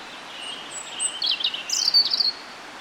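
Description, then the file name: European robin song: a rapid phrase of high, thin, twittering and trilled notes lasting about a second, against steady hiss. "Erithacus rubecula"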